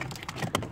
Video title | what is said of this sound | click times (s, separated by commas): 07 Suzuki xl7 turn signal switch replacement | plan it clicks out man you got your connectors okay | 0.5 s